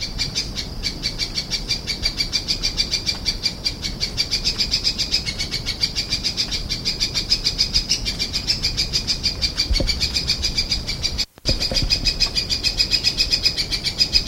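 Mid-mountain berrypecker calling, an unbroken run of rapid, high, clipped notes several per second, briefly cut by a short silent gap near the end.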